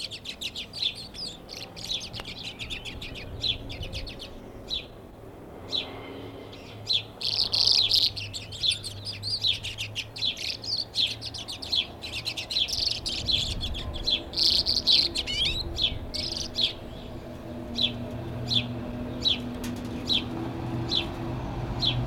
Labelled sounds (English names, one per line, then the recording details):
Common Redpoll song
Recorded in captivity
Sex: male
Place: Bergen, Insel Rügen, Mecklenburg-Vorpommern, DE
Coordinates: 54.415, 13.426
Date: 1976-04-03
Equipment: Nagra III BH, Sennheiser MD 21
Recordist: Schubert, Michael